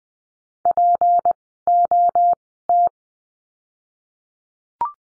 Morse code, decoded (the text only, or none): POT